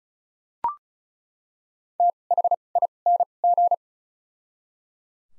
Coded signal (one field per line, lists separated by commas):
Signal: Morse code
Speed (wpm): 36 wpm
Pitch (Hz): 700 Hz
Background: none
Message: T H I N G